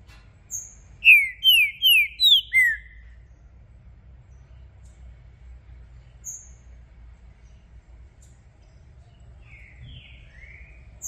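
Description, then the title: Green-winged saltator song of five rich descending whistles, then a high chip, and later a softer three-note whistled phrase. Song used to warm up a contest bird and get it singing; a feisty bird switching through various song types. "Esse É PERFEITO Para ESQUENTAR Seu TRINCA Piando, Cantando E Macheando Na DISPUTA. Trinca Ferro VALENTE! VIRANDO VARIOS TIPOS DE CANTOS!! Melhor para ABRIR O CANTO!!"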